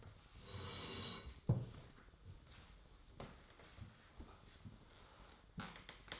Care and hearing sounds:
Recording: daily activity, microphone in the room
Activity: sit down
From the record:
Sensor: 3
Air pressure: 1005.0 hPa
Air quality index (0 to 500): 84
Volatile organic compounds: 2 ppm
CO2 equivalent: 1292 ppm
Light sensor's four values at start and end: 8/19/8/8 and 9/21/9/8

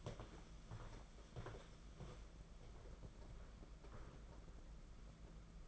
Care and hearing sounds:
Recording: daily activity, microphone in the room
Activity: walk to room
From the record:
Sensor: 5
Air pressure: 992.2 hPa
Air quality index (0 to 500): 214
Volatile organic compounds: 1000 ppm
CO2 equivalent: 6222 ppm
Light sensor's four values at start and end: 6/16/6/7 and 6/17/6/7

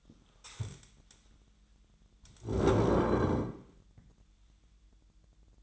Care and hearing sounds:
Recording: daily activity, microphone in the room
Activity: stand up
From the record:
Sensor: 3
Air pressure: 1002.0 hPa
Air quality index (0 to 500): 246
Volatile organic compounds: 124 ppm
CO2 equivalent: 3895 ppm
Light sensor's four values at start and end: 10/22/9/10 and 9/21/9/9

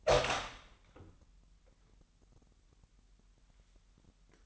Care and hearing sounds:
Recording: daily activity, microphone in the room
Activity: open door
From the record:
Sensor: 3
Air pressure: 998.4 hPa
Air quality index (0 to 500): 138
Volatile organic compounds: 4 ppm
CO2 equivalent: 1654 ppm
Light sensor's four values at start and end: 16/46/18/18 and 16/46/19/18

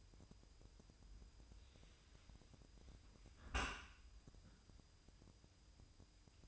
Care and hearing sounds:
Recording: daily activity, microphone in the room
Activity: close dishwasher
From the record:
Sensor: 2

